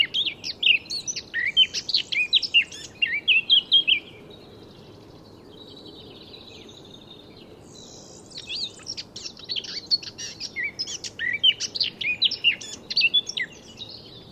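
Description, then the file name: Eurasian blackcap song: two long bouts of quick, jumbled warbling with fluted whistles mixed in, separated by a few seconds of quiet. "Sylvia atricapilla"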